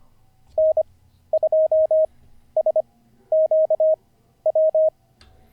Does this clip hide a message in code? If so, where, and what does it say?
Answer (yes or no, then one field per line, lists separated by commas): yes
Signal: Morse code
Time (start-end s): 0.6-4.9 s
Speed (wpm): 25 wpm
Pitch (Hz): 630 Hz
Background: none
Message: N2SQW